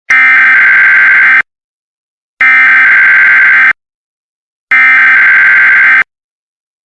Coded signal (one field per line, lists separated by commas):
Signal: Emergency Alert System (SAME) tones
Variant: header bursts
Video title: FAKE EAS Blizzard Warning Los Angeles